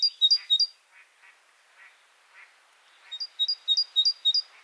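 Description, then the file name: Great tit song, a high two-note phrase repeated a few times at the start and again at the end, with soft, harsh, lower notes in between. "Parus major"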